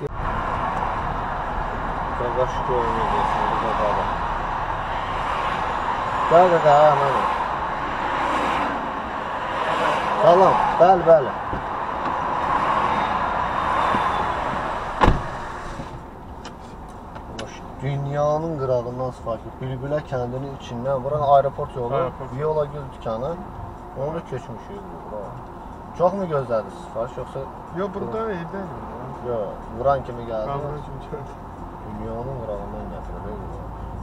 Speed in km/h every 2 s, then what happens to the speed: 17, 15, 3, 0, 0, 0, 0, 0, 0, 0, 0, 1, 3, 5, 9, 11, 17.
0-5 slows to 0. 5-23 standing. 23-34 pulls away to 17.